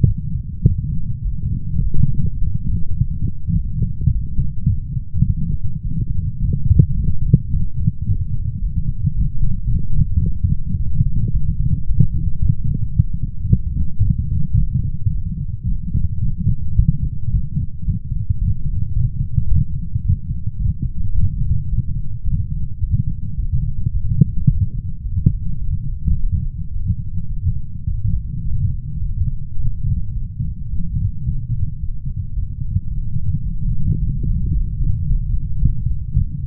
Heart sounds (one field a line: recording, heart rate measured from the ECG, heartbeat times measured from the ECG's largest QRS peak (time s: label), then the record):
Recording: heart sounds by stethoscope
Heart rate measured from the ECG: 108 bpm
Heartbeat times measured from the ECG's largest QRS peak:
0.09 s: heartbeat
0.67 s: heartbeat
1.25 s: heartbeat
1.83 s: heartbeat
2.41 s: heartbeat
2.99 s: heartbeat
3.56 s: heartbeat
4.14 s: heartbeat
4.71 s: heartbeat
5.28 s: heartbeat
5.85 s: heartbeat
6.41 s: heartbeat
6.97 s: heartbeat
7.52 s: heartbeat
8.08 s: heartbeat
8.63 s: heartbeat
9.17 s: heartbeat
9.71 s: heartbeat
10.26 s: heartbeat
10.80 s: heartbeat
11.34 s: heartbeat
11.88 s: heartbeat
12.43 s: heartbeat
12.97 s: heartbeat
13.52 s: heartbeat
14.06 s: heartbeat
14.61 s: heartbeat
15.15 s: heartbeat
15.69 s: heartbeat
16.24 s: heartbeat
16.78 s: heartbeat
17.32 s: heartbeat
17.86 s: heartbeat
18.41 s: heartbeat
18.96 s: heartbeat
19.50 s: heartbeat
20.05 s: heartbeat
20.60 s: heartbeat
21.16 s: heartbeat
21.71 s: heartbeat
22.26 s: heartbeat
22.82 s: heartbeat
23.38 s: heartbeat
23.93 s: heartbeat
24.49 s: heartbeat
25.04 s: heartbeat
25.61 s: heartbeat
26.17 s: heartbeat
26.73 s: heartbeat
27.30 s: heartbeat
27.88 s: heartbeat
28.46 s: heartbeat
29.03 s: heartbeat
29.59 s: heartbeat
30.15 s: heartbeat
30.72 s: heartbeat
31.27 s: heartbeat
31.82 s: heartbeat
32.36 s: heartbeat
32.91 s: heartbeat
33.46 s: heartbeat
34.00 s: heartbeat
34.54 s: heartbeat
35.08 s: heartbeat
35.62 s: heartbeat
36.16 s: heartbeat
From the record:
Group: healthy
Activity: light exercise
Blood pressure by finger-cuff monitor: 175/77 mmHg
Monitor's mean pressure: 101 mmHg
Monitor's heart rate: 109 bpm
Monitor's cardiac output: 10 L/min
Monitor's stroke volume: 93 mL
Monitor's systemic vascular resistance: 740 dyn s/cm5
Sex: male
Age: 21 years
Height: 175 cm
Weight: 72.6 kg